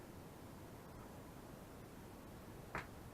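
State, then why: Seated. A small plastic screw cover cap is pressed onto a screw head in the interior trim of a TrailManor RV trailer to hide the screw. After a steady quiet background, a single short click at 2.8 s shows the cap seating.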